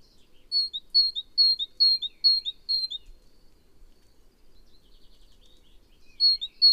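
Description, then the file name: Great tit song of high, bright two-note phrases repeated rapidly about six times, a short pause, then the pattern starting again; otherwise quiet. "Parus major"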